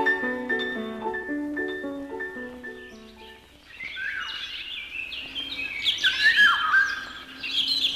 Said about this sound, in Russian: Фиолин, фиолин, как будто кто-то наигрывает на флейте. Да и птицу зовут музыкально. Иволга. Иволга, как радостный луч солнца, золотая.